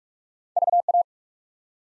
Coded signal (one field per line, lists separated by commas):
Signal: Morse code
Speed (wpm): 44 wpm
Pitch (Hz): 700 Hz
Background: none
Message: VA